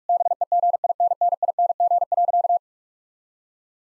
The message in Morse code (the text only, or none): BEGINNING.